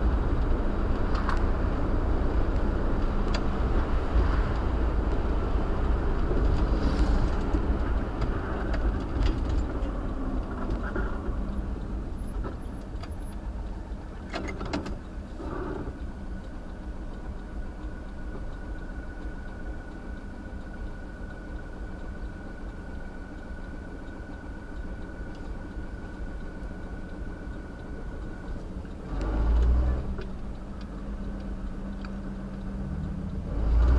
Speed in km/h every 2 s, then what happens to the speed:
58, 56, 55, 50, 37, 27, 11, 0, 0, 0, 0, 0, 0, 0, 0, 2, 0.
0-14 brakes to 0. 14-32 standing.